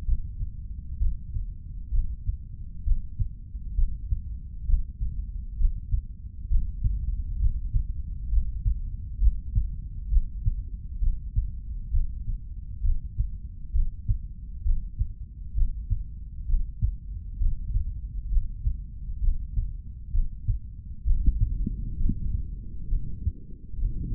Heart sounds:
heart sounds by stethoscope; 66 bpm
0.05 s: heartbeat
0.99 s: heartbeat
1.91 s: heartbeat
2.84 s: heartbeat
3.75 s: heartbeat
4.66 s: heartbeat
5.57 s: heartbeat
6.48 s: heartbeat
7.38 s: heartbeat
8.29 s: heartbeat
9.19 s: heartbeat
10.09 s: heartbeat
10.99 s: heartbeat
11.91 s: heartbeat
12.82 s: heartbeat
13.72 s: heartbeat
14.63 s: heartbeat
15.54 s: heartbeat
16.46 s: heartbeat
17.38 s: heartbeat
18.29 s: heartbeat
19.20 s: heartbeat
20.11 s: heartbeat
21.04 s: heartbeat
21.97 s: heartbeat
22.89 s: heartbeat
23.79 s: heartbeat
From the record:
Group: healthy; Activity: breath hold 0-23 s, rest 23-24 s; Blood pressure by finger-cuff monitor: 113/88 mmHg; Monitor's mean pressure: 98 mmHg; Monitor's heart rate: 66 bpm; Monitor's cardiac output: 3.1 L/min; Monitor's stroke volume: 47 mL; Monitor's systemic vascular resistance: 2340 dyn s/cm5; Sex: male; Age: 55 years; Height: 167 cm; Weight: 57.2 kg

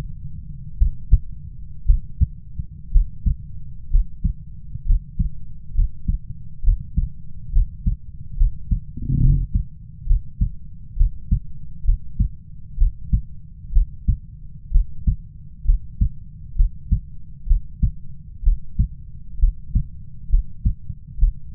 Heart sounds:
heart sounds by stethoscope; 65 bpm
0.79 s: heartbeat
1.86 s: heartbeat
2.92 s: heartbeat
3.91 s: heartbeat
4.86 s: heartbeat
5.75 s: heartbeat
6.64 s: heartbeat
7.52 s: heartbeat
8.37 s: heartbeat
9.20 s: heartbeat
10.07 s: heartbeat
10.97 s: heartbeat
11.85 s: heartbeat
12.78 s: heartbeat
13.73 s: heartbeat
14.71 s: heartbeat
15.65 s: heartbeat
16.56 s: heartbeat
17.47 s: heartbeat
18.43 s: heartbeat
19.39 s: heartbeat
20.30 s: heartbeat
21.19 s: heartbeat
From the record:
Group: healthy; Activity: breath hold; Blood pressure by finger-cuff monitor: 101/58 mmHg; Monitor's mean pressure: 74 mmHg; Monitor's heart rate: 65 bpm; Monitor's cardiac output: 6.1 L/min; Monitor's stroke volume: 91 mL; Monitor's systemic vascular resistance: 830 dyn s/cm5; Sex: female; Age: 22 years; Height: 157 cm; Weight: 47.6 kg

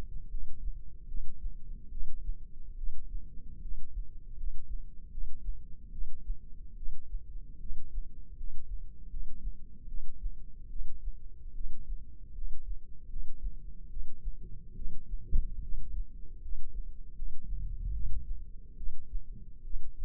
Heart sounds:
heart sounds by microphone in the left ear; 74 bpm
0.29 s: heartbeat
1.06 s: heartbeat
1.89 s: heartbeat
2.76 s: heartbeat
3.60 s: heartbeat
4.35 s: heartbeat
5.10 s: heartbeat
5.90 s: heartbeat
6.75 s: heartbeat
7.58 s: heartbeat
8.35 s: heartbeat
9.08 s: heartbeat
9.86 s: heartbeat
10.68 s: heartbeat
11.53 s: heartbeat
12.33 s: heartbeat
13.08 s: heartbeat
13.88 s: heartbeat
14.74 s: heartbeat
15.61 s: heartbeat
16.40 s: heartbeat
17.14 s: heartbeat
17.92 s: heartbeat
18.75 s: heartbeat
19.62 s: heartbeat
From the record:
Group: healthy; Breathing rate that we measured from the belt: 14 breaths a minute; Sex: female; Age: 19 years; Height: 163 cm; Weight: 51 kg

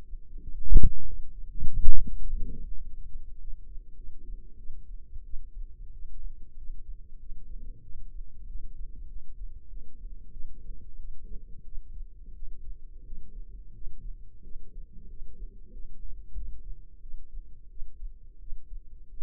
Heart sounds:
heart sounds by microphone in the left ear; 93 bpm
0.41 s: heartbeat
1.06 s: heartbeat
1.67 s: heartbeat
2.28 s: heartbeat
2.84 s: heartbeat
3.40 s: heartbeat
3.96 s: heartbeat
4.58 s: heartbeat
5.24 s: heartbeat
5.92 s: heartbeat
6.57 s: heartbeat
7.18 s: heartbeat
7.82 s: heartbeat
8.47 s: heartbeat
9.08 s: heartbeat
9.69 s: heartbeat
10.32 s: heartbeat
10.98 s: heartbeat
11.65 s: heartbeat
12.35 s: heartbeat
13.04 s: heartbeat
13.73 s: heartbeat
14.42 s: heartbeat
15.09 s: heartbeat
15.71 s: heartbeat
16.35 s: heartbeat
17.01 s: heartbeat
17.69 s: heartbeat
18.39 s: heartbeat
19.09 s: heartbeat
From the record:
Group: healthy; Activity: rest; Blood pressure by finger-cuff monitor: 106/61 mmHg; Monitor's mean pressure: 77 mmHg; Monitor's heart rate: 94 bpm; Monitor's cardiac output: 8.8 L/min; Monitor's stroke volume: 91 mL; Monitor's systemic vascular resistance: 630 dyn s/cm5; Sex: female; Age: 22 years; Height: 161 cm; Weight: 65.5 kg

